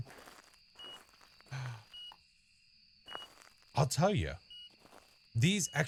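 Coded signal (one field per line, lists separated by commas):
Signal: none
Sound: game item beeps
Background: speech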